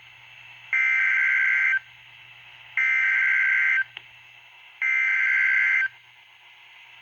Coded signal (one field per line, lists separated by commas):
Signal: Emergency Alert System (SAME) tones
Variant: header bursts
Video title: Double Header EAS - Two Flood Warnings for the Meramec River on my Scanner (EAS #2 - #3)